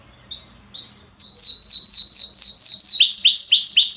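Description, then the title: Belgian canary song: soft opening notes build into a loud, steady series of rapid descending chirps. Male Belgian canary named Salsa singing very strongly and a lot; used to warm up young birds. "Canary Training Esquente Seu Filhote E Canario Belga Macho Cantando Muito. Canrio Belga Salsa cantando muito forte"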